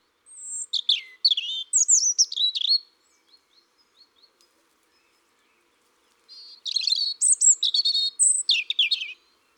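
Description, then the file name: European robin song: two high, thin warbling phrases of rapid trills and sliding whistles, separated by a pause with a few faint ticking notes. "Rougegorge familier"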